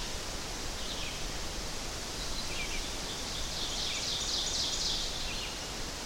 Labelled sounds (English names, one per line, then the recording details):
Ovenbird song
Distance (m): 50 m
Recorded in boreal forest in Alberta, Canada, on 12 June 2016 at 06:00
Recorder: SongMeter 3, array SBT-3-18
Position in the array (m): 229 m, 89 m
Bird 31